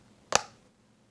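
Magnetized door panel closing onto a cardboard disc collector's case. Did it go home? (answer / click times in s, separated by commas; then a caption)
yes / 0.4 s. A magnetized door panel on a cardboard collector's disc case is closed and snaps shut onto its magnetic closure with a single sharp snap at 0.4 s. It locks right in place, seated firmly.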